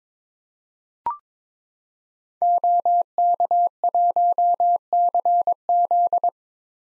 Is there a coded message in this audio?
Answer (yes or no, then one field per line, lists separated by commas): yes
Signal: Morse code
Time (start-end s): 2.4-6.3 s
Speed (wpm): 22 wpm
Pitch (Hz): 700 Hz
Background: none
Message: OK1CZ